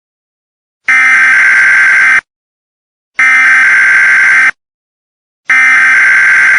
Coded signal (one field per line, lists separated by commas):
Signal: Emergency Alert System (SAME) tones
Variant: header bursts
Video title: EAS SCENARIO #5: FnF Werewolfs Vs Rexy (PART 1)